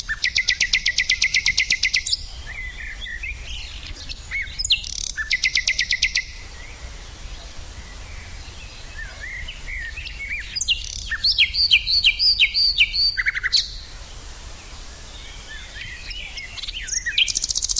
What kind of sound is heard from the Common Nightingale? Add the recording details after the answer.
song. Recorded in the wild. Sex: male. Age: adult. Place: Lübars, Berlin, DE. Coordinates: 52.6172, 13.3619. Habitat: wood. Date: 2007-05-06 12:45. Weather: sunny, ca. 20°C. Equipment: Sony WM-D6C, Sennheiser ME 80. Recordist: Tembrock, Günter